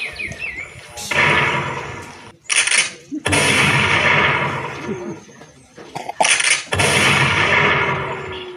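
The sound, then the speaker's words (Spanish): Three loud shotgun blasts fired by a hunter aiming at a loica bird among the trees of a forest, each a sharp, explosive crack followed by a long rumbling decay, spaced a few seconds apart, with faint chirping audible before the first shot. “De pronto, al ver una figura de una loica entre los árboles, levantó su arma y apuntó. Y disparó.”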